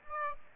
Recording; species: mosquito wingbeat signal from an infrared sensor; Aedes aegypti